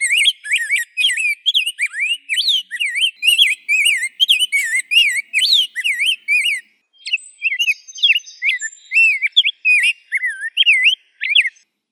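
Rose-breasted grosbeak singing a long, continuous run of fluty, rolling whistled notes that swoop up and down. A short gap comes midway, then the song resumes.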